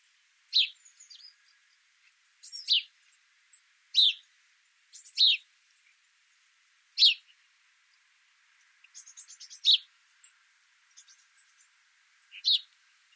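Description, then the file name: House sparrow chirping, single sharp chirps and short double notes at irregular intervals of one to three seconds, with fainter high chirps between them. "Passer domesticus"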